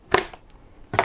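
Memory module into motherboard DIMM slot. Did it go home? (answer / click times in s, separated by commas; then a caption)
yes / 0.1 s, 1.0 s. A DDR4 memory module is pressed into a motherboard DIMM slot with equal pressure on both ends, and the retaining clips latch. Sharp snaps are heard at 0.1 s and 1.0 s, with a faint tick in between. The module is seated in the slot.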